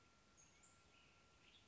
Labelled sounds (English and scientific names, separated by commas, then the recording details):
Western Tanager (Piranga ludoviciana)
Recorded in Sonoma County, California